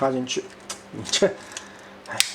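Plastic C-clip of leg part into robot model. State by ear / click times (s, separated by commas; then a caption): not seated / none. Someone talks while handling the plastic leg part of a robot model, lining up its C-shaped clip to be pushed into the model, with light plastic taps and rustling between the words. The clip has not yet snapped into place, and nothing has seated or clicked yet.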